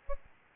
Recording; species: mosquito wingbeat signal from an infrared sensor; Aedes albopictus